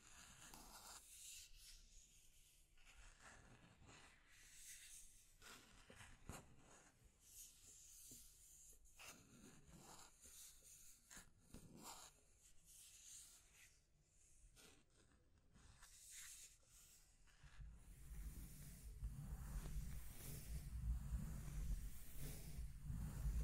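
Scratching and tracing sounds in short, irregular rasping strokes, bright and hissy, growing denser with a low rumble added during the last six seconds.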